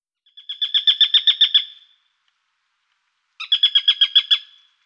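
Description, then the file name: Eurasian sparrowhawk giving two rapid series of harsh, chattering notes, each burst lasting about one to one and a half seconds, separated by a pause of about a second and a half. "Sperber Accipiter nisus"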